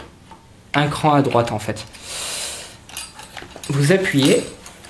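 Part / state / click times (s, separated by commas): hop-up block going into an airsoft rifle receiver / not seated / none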